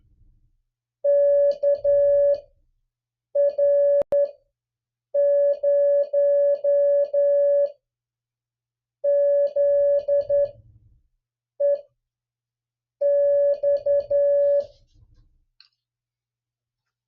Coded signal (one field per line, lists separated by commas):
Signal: Morse code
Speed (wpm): 10 wpm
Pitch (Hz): 570 Hz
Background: none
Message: KR0ZEX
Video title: MIXED USA AND DX CALL SIGN COPY PRACTICE 10